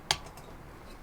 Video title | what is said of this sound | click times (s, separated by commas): Custom Machined Concepts Aluminum Baseplates For The Palmetto State Armory Micro Dagger Magazines | Okay, I heard a little bit of a click there. | 0.1 s